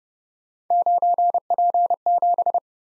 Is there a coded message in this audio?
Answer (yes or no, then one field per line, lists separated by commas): yes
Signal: Morse code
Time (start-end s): 0.7-2.6 s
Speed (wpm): 28 wpm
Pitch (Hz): 700 Hz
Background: none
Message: 9P7